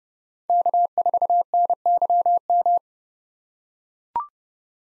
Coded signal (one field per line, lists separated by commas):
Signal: Morse code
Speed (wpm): 30 wpm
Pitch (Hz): 700 Hz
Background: none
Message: K4NYM